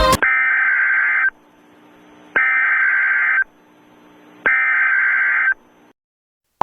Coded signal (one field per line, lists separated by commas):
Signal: Emergency Alert System (SAME) tones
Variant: header bursts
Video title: TEST EAS alert 1